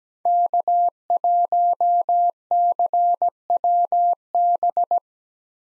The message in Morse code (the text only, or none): K1CWB